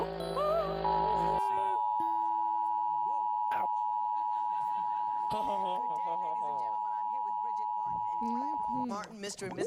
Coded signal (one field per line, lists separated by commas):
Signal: Emergency Alert System (SAME) tones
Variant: 853 and 960 Hz attention tone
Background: speech, music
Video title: eas alarm County part 1